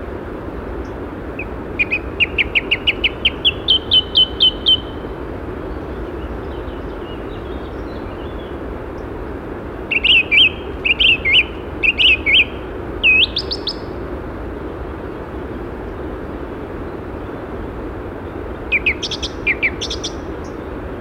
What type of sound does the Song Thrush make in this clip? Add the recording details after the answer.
song. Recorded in the wild. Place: Sapareva Banya, Rila-Gebirge, Sofia, BG. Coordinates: 42.29, 23.269. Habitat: Montains. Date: 1974-05-21. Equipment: Nagra III BH, Sennheiser MD 21, parabola. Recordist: Schubert, Michael